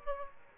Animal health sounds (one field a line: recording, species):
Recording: mosquito wingbeat signal from an infrared sensor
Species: Aedes aegypti